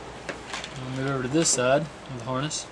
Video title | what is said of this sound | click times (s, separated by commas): 240sx KA SOHC TO DOHC SWAP WIRING PART 2 KA24DE KA24E S13 S14 1080 HD.mp4 | So, close it over and push it down until it clicks. | 0.6 s